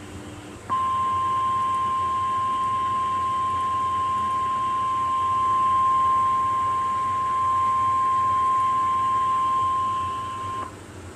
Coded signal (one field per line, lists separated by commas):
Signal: Emergency Alert System (SAME) tones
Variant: 1050 Hz attention tone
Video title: EAS #661: Severe Thunderstorm Warning (5/18/2013)